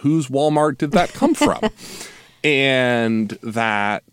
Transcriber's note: laughter